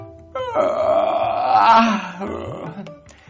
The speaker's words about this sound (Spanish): Ahora mira para todos lados y vuelve a bostezar.